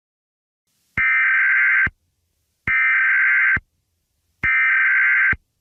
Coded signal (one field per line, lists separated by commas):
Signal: Emergency Alert System (SAME) tones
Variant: header bursts